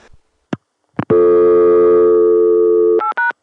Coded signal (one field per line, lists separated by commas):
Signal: telephone call progress tone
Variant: North America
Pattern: dial tone